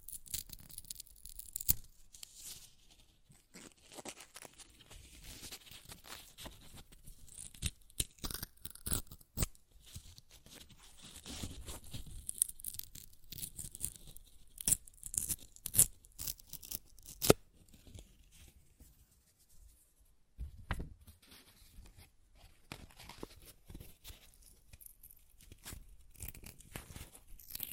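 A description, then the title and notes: Paper being ripped and torn in a long run of quick, crackly tears, dense and uneven, with brief bursts of crisp crunching. The sharpest tears land around 15 and 17 seconds, and a short lull near 20 seconds breaks the rustling before it picks up again. ASMR Paper Ripping Tearing Sounds (No Talking).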